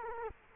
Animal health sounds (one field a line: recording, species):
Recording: mosquito wingbeat signal from an infrared sensor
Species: Culex quinquefasciatus